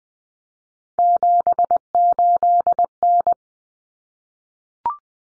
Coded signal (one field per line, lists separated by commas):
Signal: Morse code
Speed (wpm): 20 wpm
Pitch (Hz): 700 Hz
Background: none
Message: 78N